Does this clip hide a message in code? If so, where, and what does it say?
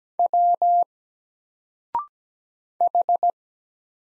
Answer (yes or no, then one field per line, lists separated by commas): yes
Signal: Morse code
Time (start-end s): 0.2-3.3 s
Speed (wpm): 17 wpm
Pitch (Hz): 700 Hz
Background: none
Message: W H